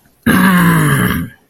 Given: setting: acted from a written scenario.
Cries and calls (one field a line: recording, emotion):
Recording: vocal sound without words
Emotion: triumph